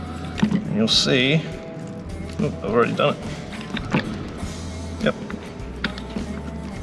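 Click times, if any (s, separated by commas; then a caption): 5.8 s. A clutch component is slid into a winch gear housing during reassembly and locks into place with a sharp click at 5.9 s. Someone talks over a steady background hum, with other small knocks and taps before the click.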